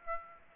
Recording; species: mosquito wingbeat signal from an infrared sensor; Aedes aegypti